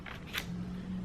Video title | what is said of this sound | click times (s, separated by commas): Nintendo Switch Unboxing REAL - Console, Controllers, Games, Comparisons | just like that, ooh, there's a nice little click. | 0.4 s